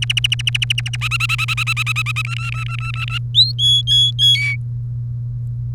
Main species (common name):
Domestic Canary